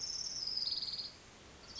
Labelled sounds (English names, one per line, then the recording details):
Orange-crowned Warbler
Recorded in Sonoma County, California